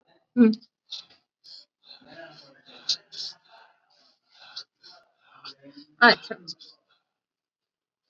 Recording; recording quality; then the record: shallow breathing; moderate, slight background noise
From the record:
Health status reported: COVID-19 positive, mild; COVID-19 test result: positive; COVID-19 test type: RT-PCR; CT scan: taken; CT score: 17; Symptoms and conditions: cough, breathing difficulty, fatigue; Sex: male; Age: 48 years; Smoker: no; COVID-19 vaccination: one dose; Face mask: not worn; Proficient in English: yes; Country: India